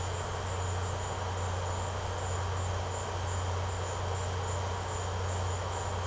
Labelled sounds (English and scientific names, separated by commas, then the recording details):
none
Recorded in secondary vegetation near Puerto Asís, Putumayo, Colombia, on 13 March 2025 at 17:30
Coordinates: 0.468, -76.324
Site G059